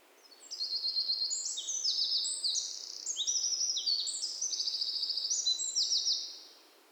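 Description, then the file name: Eurasian wren song, a loud, rapid, high-pitched outpouring of trills and sharp notes lasting about six seconds, with quiet background. "Troglodytes troglodytes"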